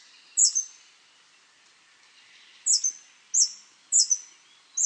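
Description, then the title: Scale-throated hermit giving very high, sharp squeaky notes, single or doubled, spaced irregularly over a faint hiss. Nominate subspecies Phaethornis eurynome eurynome. "LuckyPassaro Completos2Sama. Scale-throated Hermit (Phaethornis eurynome eurynome)"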